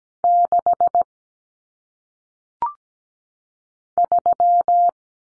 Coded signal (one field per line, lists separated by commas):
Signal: Morse code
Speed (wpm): 17 wpm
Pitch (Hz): 700 Hz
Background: none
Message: 6 3